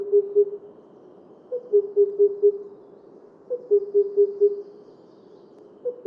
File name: Himalayan cuckoo